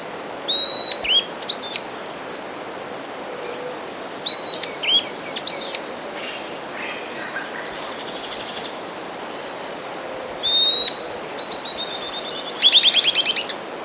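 Bird calls: short high whistled slurs and chips in scattered bursts, ending in a rapid trill, over a steady hiss of background noise.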